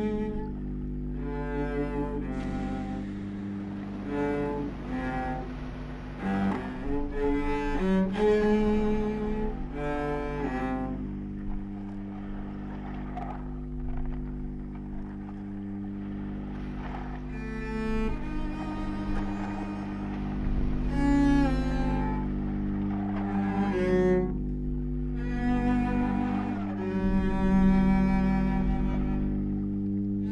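A song plays throughout, with steady low tones held beneath short, bright melodic phrases that come every second or two. The phrases grow fuller between about 20 and 28 seconds. A constant low rumble runs underneath, and the overall level stays fairly even.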